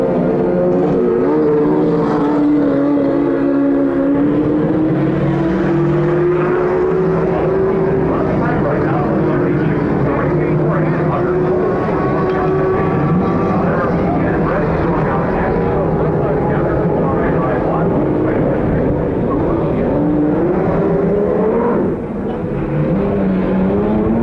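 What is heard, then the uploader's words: Race cars roar past trackside on a city street circuit, several engines overlapping in a loud, unbroken wall of sound. Whining engine pitches rise and fall as cars accelerate and shift, with a steady low rumble underneath throughout. The Sounds of CART IndyCar at Detroit, 1990. Trackside sounds of the CART IndyCar Series as it raced around downtown Detroit on the former Formula 1 circuit. The 2.65-liter single-turbo V8 engines from Chevrolet, Cosworth, Judd, Alfa Romeo, and Porsche.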